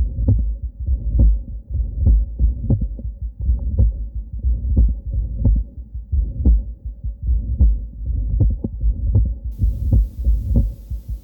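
Heart sounds come at a somewhat uneven pace over a steady low rumbling hum that fills the gaps between beats. These are audible atrial flutter sounds, rich in higher-pitched vibrations, heard at the base in a woman of about 50 with severe mitral regurgitation from ruptured mitral chordae tendineae. A rare sign, easily missed because it lies outside the focus of auditory attention.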